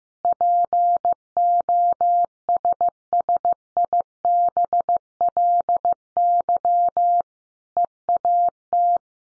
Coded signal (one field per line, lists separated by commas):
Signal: Morse code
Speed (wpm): 15 wpm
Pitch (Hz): 700 Hz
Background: none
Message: POSSIBLY EAT